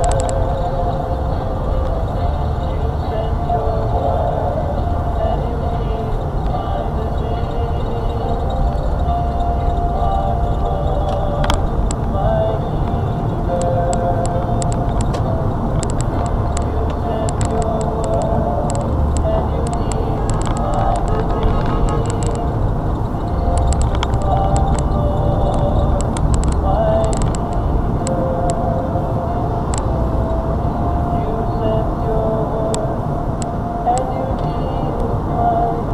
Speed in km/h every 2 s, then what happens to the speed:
29, 31, 34, 32, 34, 35, 45, 55, 56, 56, 58, 58, 58, 58, 60, 60, 60, 60.
0-15 speeds up to 56. 15-36 steady at about 58.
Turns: none.